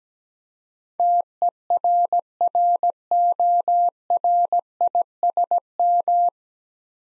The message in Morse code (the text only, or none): TERRORISM